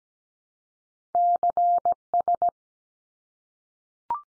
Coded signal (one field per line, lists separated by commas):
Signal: Morse code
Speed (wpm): 17 wpm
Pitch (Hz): 700 Hz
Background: none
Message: CS